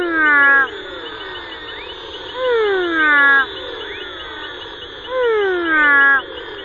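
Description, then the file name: Four-eyed frog calls: harmonic, downward-sliding notes given in pairs and repeated every few seconds, with a steady high hum throughout. "Pleurodema fuscomaculatum"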